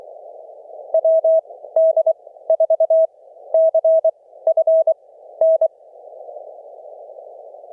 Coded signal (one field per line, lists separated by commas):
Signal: Morse code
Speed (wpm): 24 wpm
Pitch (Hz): 650 Hz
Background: none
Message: WD4CFN